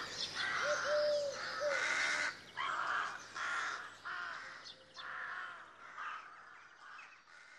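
Crows giving rough, drawn-out caws at a moderate pace, with a low dove coo near the beginning.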